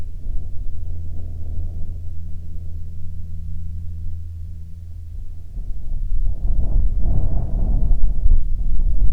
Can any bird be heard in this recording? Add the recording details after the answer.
no. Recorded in the Prudhoe Bay oil fields, Alaska, on 19 July 2019 at 17:41. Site 17